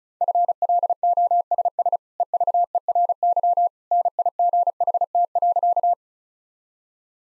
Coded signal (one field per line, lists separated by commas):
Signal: Morse code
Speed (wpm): 36 wpm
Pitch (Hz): 700 Hz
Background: none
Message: FLOSS EVERY NIGHT.